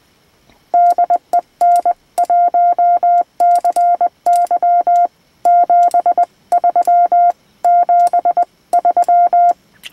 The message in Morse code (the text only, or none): DE N1CY 73 73